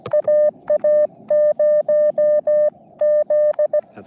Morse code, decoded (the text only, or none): AA0Z